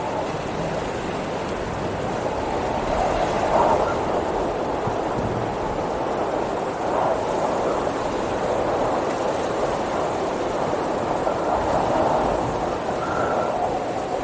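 A windy storm roars as a dense, steady rush, strongest in the low and middle range. Gusts swell softly around three to four seconds, near seven, and again toward twelve seconds, with no distinct events breaking the continuous noise.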